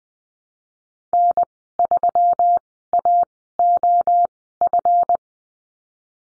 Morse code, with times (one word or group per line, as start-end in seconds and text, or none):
1.1-1.4 N
1.8-2.6 3
2.9-3.2 A
3.6-4.3 O
4.6-5.2 F